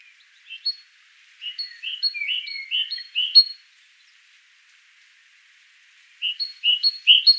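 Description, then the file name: Great tit singing a quick, rhythmic series of high two-part notes, a see-saw phrase repeated several times, a pause, then another short burst of the same. "Parus major"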